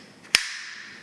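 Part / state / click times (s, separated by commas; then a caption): rifle charging handle into upper receiver / seated / 0.4 s. A rifle charging handle and bolt carrier are slid forward into the upper receiver and let go all the way in. One sharp, loud metallic click lands at 0.35 s, followed by a brief high ringing that fades. The click marks the charging handle fully seated home in the upper receiver.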